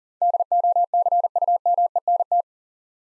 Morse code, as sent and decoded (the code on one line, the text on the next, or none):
-.. --- -.-. ..- -- . -. -
DOCUMENT